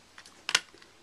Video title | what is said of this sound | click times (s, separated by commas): 13" Unibody MacBook Pro RAM Upgrade | make sure you hear a click | 0.5 s